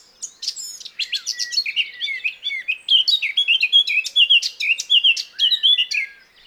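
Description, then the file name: Eurasian blackcap song: a rich, fast warble of varied whistled and chattering notes, continuous for about six seconds. "Sylvia atricapilla"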